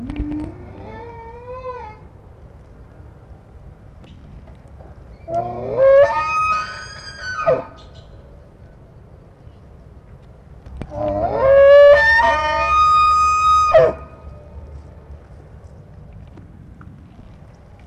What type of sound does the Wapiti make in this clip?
rut call